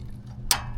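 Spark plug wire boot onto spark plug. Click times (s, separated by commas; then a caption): 0.5 s. A spark plug wire boot is pushed back onto the newly installed spark plug of a generator engine. Over a low background hum, a single sharp click sounds at 0.5 s as the boot snaps on and seats.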